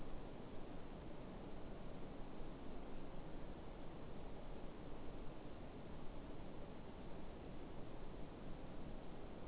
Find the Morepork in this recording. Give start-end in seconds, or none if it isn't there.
none